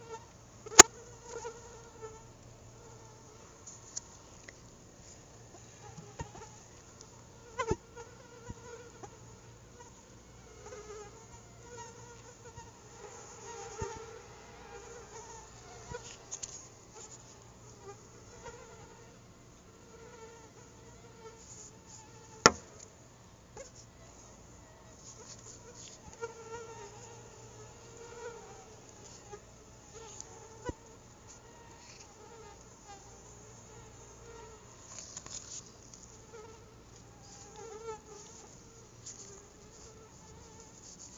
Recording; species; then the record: mosquito flight sound by mobile phone; Anopheles quadriannulatus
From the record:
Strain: SANQUA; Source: CDC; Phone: Google Nexus